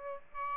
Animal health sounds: mosquito wingbeat signal from an infrared sensor; Aedes albopictus

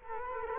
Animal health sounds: mosquito wingbeat signal from an infrared sensor; Culex quinquefasciatus

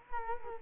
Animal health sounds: mosquito wingbeat signal from an infrared sensor; Culex quinquefasciatus

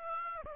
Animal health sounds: mosquito wingbeat signal from an infrared sensor; Aedes aegypti

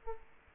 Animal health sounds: mosquito wingbeat signal from an infrared sensor; Aedes aegypti

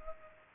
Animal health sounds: mosquito wingbeat signal from an infrared sensor; Culex pipiens

